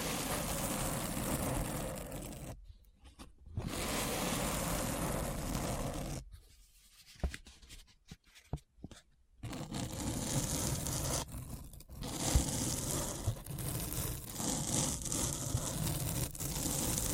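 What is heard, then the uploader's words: Dense, gritty scratching runs in long steady stretches, filling the low and bright ranges alike. It stops abruptly for short silent gaps, near 3 seconds, from about 6 to 9 seconds with a few isolated ticks, and again near 11 seconds, before resuming. ASMR Deep Brain Scratch (No Talking).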